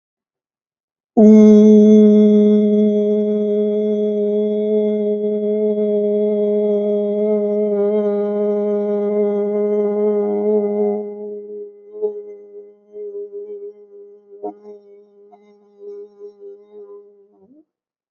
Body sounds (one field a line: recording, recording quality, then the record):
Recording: sustained vowel as in boot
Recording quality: excellent, no background noise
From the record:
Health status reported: healthy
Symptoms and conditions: none ticked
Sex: male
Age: 64 years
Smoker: not ticked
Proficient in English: yes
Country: India